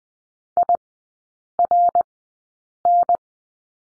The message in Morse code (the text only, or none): IRN